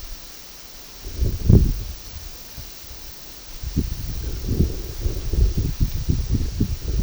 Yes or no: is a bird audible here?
no